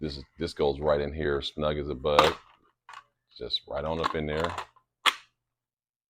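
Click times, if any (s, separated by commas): 5.1 s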